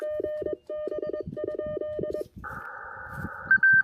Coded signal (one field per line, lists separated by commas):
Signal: Morse code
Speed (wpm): 23 wpm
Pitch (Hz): 610 Hz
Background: none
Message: GB?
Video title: One Watt and a Wire! QRPp POTA at Clemmons Educational State Forest!